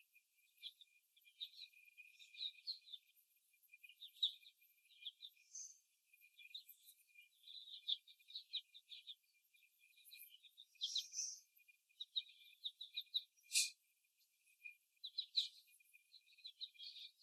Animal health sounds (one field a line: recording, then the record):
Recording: young laying hens in a cage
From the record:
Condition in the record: before the stressor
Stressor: simulated dog barking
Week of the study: 1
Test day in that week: 2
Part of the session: 4